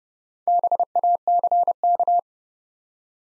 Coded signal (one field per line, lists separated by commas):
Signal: Morse code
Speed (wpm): 30 wpm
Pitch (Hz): 700 Hz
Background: none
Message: BACK